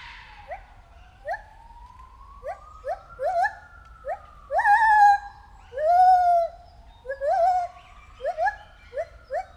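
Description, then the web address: White-handed gibbon calling, short rising whoops repeated in a series, with a long slow sliding wail and bursts of loud quavering notes in the middle. Recorded at a zoo in Debrecen in 2019, during the first encounter with the gibbons. "allathangok debrecenizoo 2019. feherkezu gibbon"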